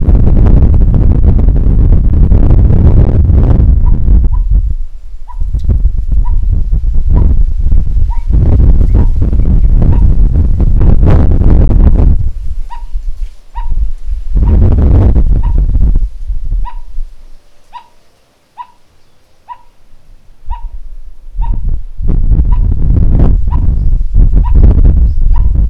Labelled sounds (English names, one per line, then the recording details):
Spot-flanked Barbet
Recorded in northern Uganda